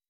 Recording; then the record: hydrophone in a shrimp aquaculture tank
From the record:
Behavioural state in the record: weakened